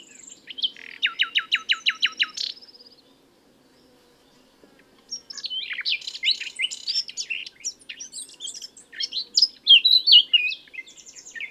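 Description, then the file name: Common nightingale song: a burst of rapid, evenly repeated sharp notes, a short pause, then a fast, varied jumble of chirps, whistles and trills. "Luscinia megarhynchos"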